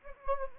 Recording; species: mosquito wingbeat signal from an infrared sensor; Anopheles gambiae